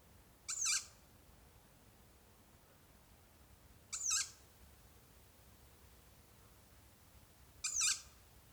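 Hawk giving short, harsh, high screeches, three brief calls spaced roughly three and a half seconds apart over a faint steady background hiss.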